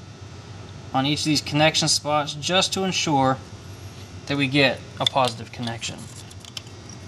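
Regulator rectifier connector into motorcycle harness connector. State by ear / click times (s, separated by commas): not seated / none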